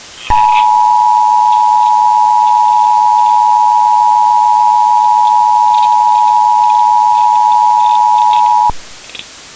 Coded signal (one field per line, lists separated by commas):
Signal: Emergency Alert System (SAME) tones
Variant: 853 and 960 Hz attention tone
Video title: EAS Special - Meltdown [REUPLOAD]